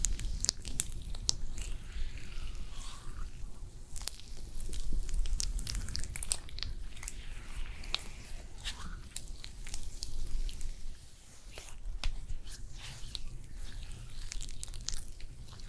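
Wet facial treatment sounds: soft squishes, light taps and sticky clicks layered over a low steady hum throughout.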